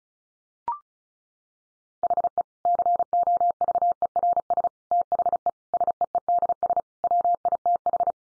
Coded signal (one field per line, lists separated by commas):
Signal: Morse code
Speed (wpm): 34 wpm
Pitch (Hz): 700 Hz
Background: none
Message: HE COVERS THE SEEDS WITH